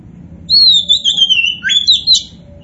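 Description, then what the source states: Oriental magpie-robin song: a single fluent whistled phrase, gliding down then jumping up with a sharp flourish, over faint background hum. Indonesian name kacer poci; described as gacor, meaning singing vigorously and continuously.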